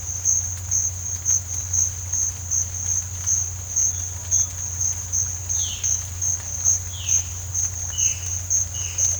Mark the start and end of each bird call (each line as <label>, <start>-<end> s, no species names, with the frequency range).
bird call (2.4-4.6 kHz), 5.47-5.96 s
bird call (1.9-4.2 kHz), 6.84-7.40 s
bird call (2.5-3.4 kHz), 7.86-8.34 s
bird call (1.8-3.4 kHz), 8.71-9.04 s